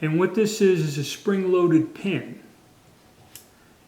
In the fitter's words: you pull it down and it disengages I'll